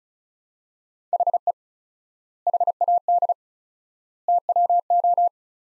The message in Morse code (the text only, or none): HE HAD TWO